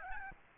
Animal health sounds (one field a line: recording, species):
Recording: mosquito wingbeat signal from an infrared sensor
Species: Aedes albopictus